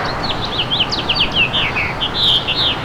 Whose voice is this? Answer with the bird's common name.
House Finch